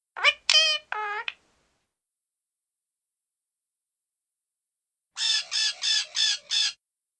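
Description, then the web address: Parrot calls: three quick rasping squawks at the start, then after a pause a rapid series of five buzzy, even notes near the end. Small parrot; single call. "bird parrot small single call"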